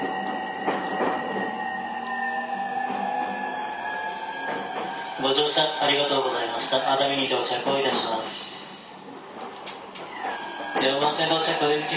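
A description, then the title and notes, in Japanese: Inside a JR East 231 series train running between Ito and Yokohama, a steady hum and whine hold through the clip. From about five to eight seconds and again near eleven seconds, a voice speaks over the running noise, likely an onboard announcement. JRE231系 伊東〜横浜。区間は伊東線→東海道線です。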